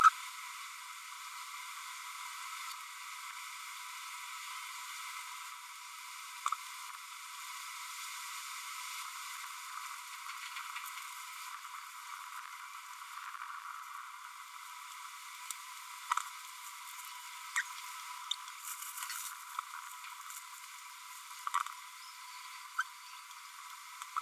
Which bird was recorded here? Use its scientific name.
Forpus passerinus